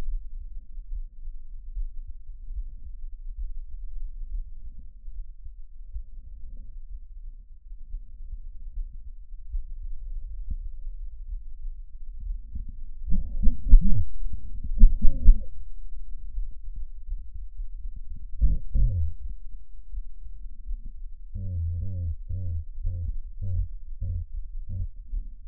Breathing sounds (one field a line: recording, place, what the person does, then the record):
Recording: lung sounds by stethoscope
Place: trachea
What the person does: quiet breathing, then cough and speech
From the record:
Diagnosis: none (healthy)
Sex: male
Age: 34 years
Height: 174 cm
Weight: 93 kg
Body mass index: 30.7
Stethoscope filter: bell mode